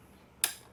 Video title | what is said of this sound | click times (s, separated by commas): [ JAKA : Part 2 ] Maintenance Harian Printer DTF Sebelum Produksi | pasang seperti itu sampai bunyi klik. | 0.4 s